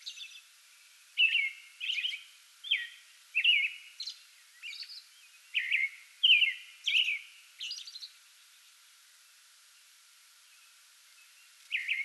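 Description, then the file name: American robin song: a run of rich whistled phrases, then several seconds of quiet before another phrase begins. Singing before dawn from a small tree in a front yard, recorded 8 May 2022. "2022-05-08 American Robin pre-dawn singing from small tree in front yard"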